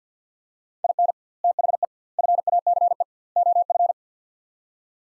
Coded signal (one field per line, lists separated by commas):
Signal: Morse code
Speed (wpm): 50 wpm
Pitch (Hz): 700 Hz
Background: none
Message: IN THE FACE OF